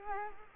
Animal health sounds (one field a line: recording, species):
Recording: mosquito wingbeat signal from an infrared sensor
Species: Culex quinquefasciatus